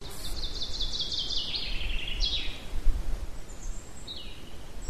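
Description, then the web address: Bird song: a fast, high trilled phrase sliding gradually lower, then a short burst and soft scattered high notes, with low rumble throughout. Birds recorded in a pine forest at Ardenno. "ardenno uccelli pineta"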